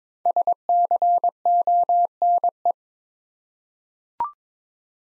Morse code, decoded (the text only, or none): SCONE